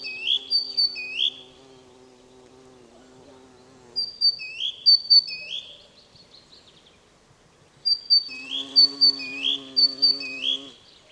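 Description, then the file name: Great tit calling in three bursts of quick, repeated two-note phrases, a high whistle dropping into a slurred note, with a steady low hum during the first and last bursts. "Parus major"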